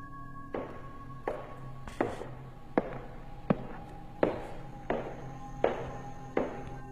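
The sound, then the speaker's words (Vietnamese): Steady, evenly spaced footsteps on a quiet night, about nine heavy thuds at a slow walking pace, each with a short ringing decay over a low hum. They grow slightly louder as they come closer. “Tiếng bước chân vẫn vang lên đều đều, càng lúc càng tiến gần về phía tôi.”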